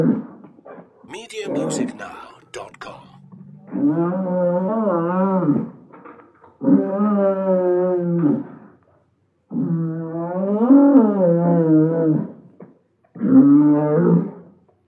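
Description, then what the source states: Cattle bellowing in long drawn calls of about one to three seconds each, harmonic and rising then falling, with rustling and knocking noises at the start. Bull; long bellows.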